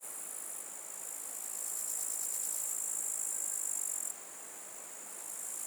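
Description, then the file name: Grasshopper buzzing, a thin, high, sizzling trill that swells after a moment, holds steady, then cuts back sharply toward the end. "zvuki kuznechika"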